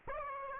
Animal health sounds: mosquito wingbeat signal from an infrared sensor; Aedes aegypti

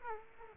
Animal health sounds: mosquito wingbeat signal from an infrared sensor; Aedes aegypti

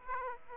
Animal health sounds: mosquito wingbeat signal from an infrared sensor; Aedes aegypti

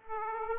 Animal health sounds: mosquito wingbeat signal from an infrared sensor; Aedes aegypti

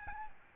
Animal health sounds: mosquito wingbeat signal from an infrared sensor; Aedes albopictus

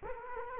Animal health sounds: mosquito wingbeat signal from an infrared sensor; Culex quinquefasciatus

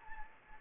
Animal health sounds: mosquito wingbeat signal from an infrared sensor; Anopheles gambiae

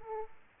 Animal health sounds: mosquito wingbeat signal from an infrared sensor; Aedes aegypti

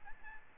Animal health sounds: mosquito wingbeat signal from an infrared sensor; Aedes albopictus

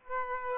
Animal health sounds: mosquito wingbeat signal from an infrared sensor; Aedes aegypti

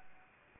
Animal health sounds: mosquito wingbeat signal from an infrared sensor; Anopheles arabiensis

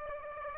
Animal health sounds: mosquito wingbeat signal from an infrared sensor; Aedes aegypti

